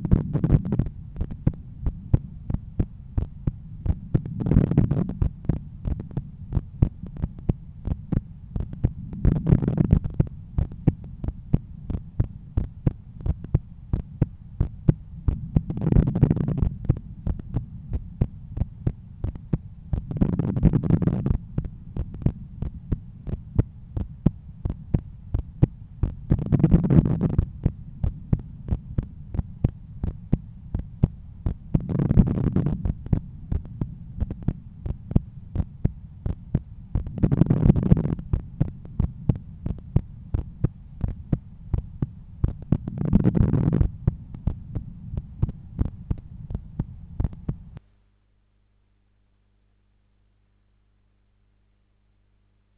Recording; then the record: heart sounds by stethoscope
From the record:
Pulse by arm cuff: 92 bpm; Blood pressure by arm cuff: 135/85 mmHg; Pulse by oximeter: 93 bpm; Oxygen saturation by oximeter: 94%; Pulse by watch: 91 bpm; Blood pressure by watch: 125/81 mmHg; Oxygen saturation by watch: 97%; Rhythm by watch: sinus rhythm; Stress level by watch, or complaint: low stress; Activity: after 5 min smoking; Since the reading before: 1h sleeping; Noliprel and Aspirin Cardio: after pills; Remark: SpO2 switched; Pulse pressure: 50 mmHg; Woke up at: 7:20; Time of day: 12:28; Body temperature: 35.8 C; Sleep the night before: 8 h 11 min, score 61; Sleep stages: REM 22%, light 68%, deep 3%, awake 7%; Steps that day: 9500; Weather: sunny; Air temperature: 25.5 C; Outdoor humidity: 54%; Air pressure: 1016 hPa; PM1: 7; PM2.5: 11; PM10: 12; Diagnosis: hypertension, treated with Noliprel and Aspirin Cardio 100 mg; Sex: male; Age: 53 years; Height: 174 cm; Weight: 81 kg